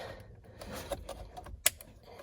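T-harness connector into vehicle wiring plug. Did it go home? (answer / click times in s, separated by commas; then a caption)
yes / 1.7 s. A T-harness connector for a Fortin Evo-One / Thar-One-Maz3 remote start is pushed into the factory wiring plug under the dash of a 2019 Mazda CX-5 GT. After faint handling rustles and small ticks, one sharp, bright click at 1.7 s shows the connector has seated.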